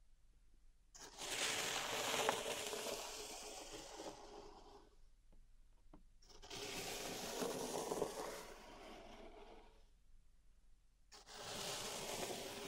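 Pink salt in a zen garden is raked and scraped in three long passes, each a dense, grainy, hissing rush of tiny crystals shifting together. The strokes begin around one, six and eleven seconds, separated by short near-silent pauses.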